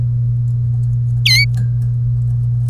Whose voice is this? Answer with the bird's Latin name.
Serinus canaria